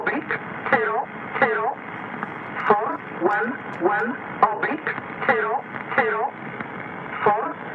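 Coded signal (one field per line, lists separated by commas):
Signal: numbers station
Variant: E11 (Oblique), English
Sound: woman's voice reading short evenly spaced words, about 11 in 8 seconds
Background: radio static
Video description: Numbertation E11, empfangen am 04.01.2018, um 17.30 UTC, mit Sommerkamp (Yaesu) FRG 7700 und Grundig Satellit 500 in Buseck Germany.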